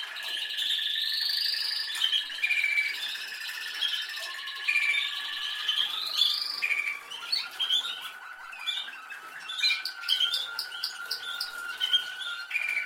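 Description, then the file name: Canary song of rising sweeping whistles followed by fast trilled tours. "Canary Voice"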